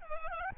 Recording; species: mosquito wingbeat signal from an infrared sensor; Aedes albopictus